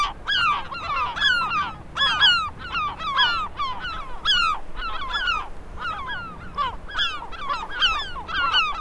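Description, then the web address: Gulls calling in a noisy crowd, loud falling yelps and laughing notes overlapping almost continuously, over a low rumbling background. "sound 6 seagulls"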